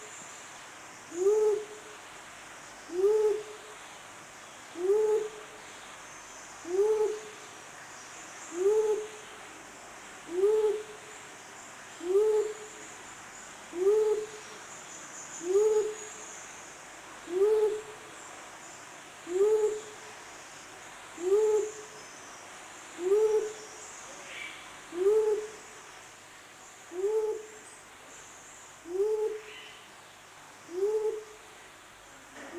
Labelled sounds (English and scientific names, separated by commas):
Mindanao Bleeding-heart (Gallicolumba crinigera) call